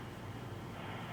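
Front wheels of a MUV Expedition 2 in 1 Stroller Wagon Pro are held and lined up before being pushed into the plastic frame sockets. Only a steady, even noise with low rumble is heard for 1.2 seconds, with no distinct impacts. Nothing has seated or clicked yet.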